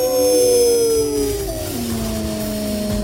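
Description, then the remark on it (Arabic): Several overlapping howls of wolves or dogs fill the whole place, rising and falling in long, sustained tones, their pitches weaving and sliding against each other over a low rumbling background, steady and fairly loud throughout. “بدأ صوت الديابة أو الكلاب ده يملى المكان كله.”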